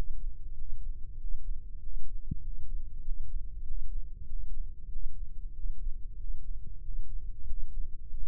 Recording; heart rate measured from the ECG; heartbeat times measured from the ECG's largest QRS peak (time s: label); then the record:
heart sounds by microphone in the right ear; 95 bpm
0.53 s: heartbeat
1.15 s: heartbeat
1.77 s: heartbeat
2.39 s: heartbeat
3.00 s: heartbeat
3.62 s: heartbeat
4.24 s: heartbeat
4.87 s: heartbeat
5.51 s: heartbeat
6.16 s: heartbeat
6.80 s: heartbeat
7.44 s: heartbeat
8.09 s: heartbeat
From the record:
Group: healthy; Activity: Valsalva maneuver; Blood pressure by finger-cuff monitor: 109/83 mmHg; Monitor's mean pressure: 90 mmHg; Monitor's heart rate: 96 bpm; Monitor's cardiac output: 6.3 L/min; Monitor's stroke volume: 66 mL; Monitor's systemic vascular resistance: 1030 dyn s/cm5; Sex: male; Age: 21 years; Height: 180 cm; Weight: 67.5 kg